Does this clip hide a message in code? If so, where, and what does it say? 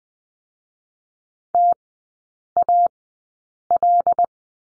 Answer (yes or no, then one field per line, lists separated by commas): yes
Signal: Morse code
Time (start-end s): 1.5-4.3 s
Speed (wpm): 20 wpm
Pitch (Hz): 700 Hz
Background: none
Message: TAL